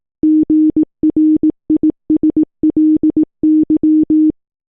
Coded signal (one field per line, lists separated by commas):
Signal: Morse code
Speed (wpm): 18 wpm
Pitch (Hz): 310 Hz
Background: none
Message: GRISLY